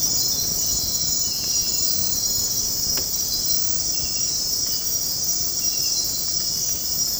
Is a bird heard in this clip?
no